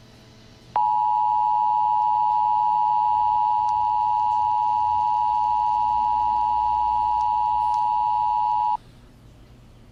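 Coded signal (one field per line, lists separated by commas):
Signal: Emergency Alert System (SAME) tones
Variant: 853 and 960 Hz attention tone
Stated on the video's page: Fictional EAS scenario made for entertainment.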